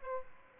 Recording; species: mosquito wingbeat signal from an infrared sensor; Aedes aegypti